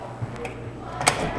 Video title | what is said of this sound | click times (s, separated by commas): Vending Machines: How To Unlock Your Vending Machine | push it in, and it's locked. | 1.1 s